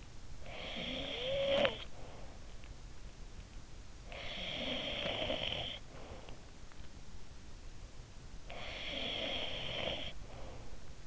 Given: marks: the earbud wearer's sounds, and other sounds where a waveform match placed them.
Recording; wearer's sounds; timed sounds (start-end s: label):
sounds in sleep by an in-ear microphone; snoring breath
0.00-2.74 s: snoring breath
3.69-6.63 s: snoring breath
7.99-11.07 s: snoring breath